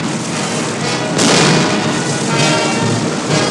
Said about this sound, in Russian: За спинами раненых бойцов появляются наши танки. Стреляют по немцам. Дымится немецкий танк. Взрыв поднимает комнату.